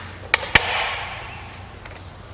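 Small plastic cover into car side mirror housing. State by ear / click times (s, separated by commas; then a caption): seated / 0.3 s, 0.6 s. A small black plastic cover on the underside of a Mercedes-Benz C-Class side mirror assembly is pressed back into place after a wire has been fed through the hole. Two sharp snaps are heard at 0.3 s and 0.6 s, followed by a fading hiss and a faint tick near 1.9 s, and the cover is seated.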